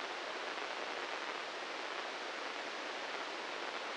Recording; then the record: brain microelectrode recording played as sound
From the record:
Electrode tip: inside the subthalamic nucleus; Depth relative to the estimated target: 0 mm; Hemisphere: right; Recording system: NeuroSet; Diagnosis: Parkinson's disease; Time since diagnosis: 15 years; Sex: male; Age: 65 years